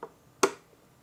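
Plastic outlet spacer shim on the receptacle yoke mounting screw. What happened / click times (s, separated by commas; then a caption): The plastic shim catch clicked into place / 0.4 s. With an electrical outlet pushed in against a plastic UniShim spacer on its bottom mounting screw, the screw is turned until the shim's catch pin snaps into the yoke hole. A faint tick comes at the very start, then one sharp, bright click at 0.4 s that fades quickly. The catch pin is seated in the yoke hole.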